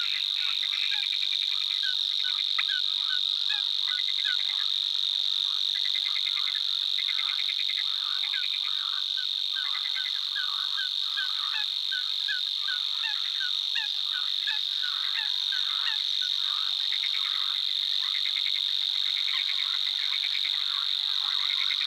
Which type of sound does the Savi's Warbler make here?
song